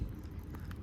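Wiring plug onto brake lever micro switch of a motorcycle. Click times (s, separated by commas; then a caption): 0.6 s, 0.7 s. A waterproof gasketed wiring plug is pushed onto the brake lever micro switch connector of a BMW R 1200 GS motorcycle while replacing the switch to fix a flashing brake failure light. Two short, sharp clicks sound at 0.6 and 0.7 seconds over a steady low rumble. The connector is seated, with its lock tab engaged in the small hole.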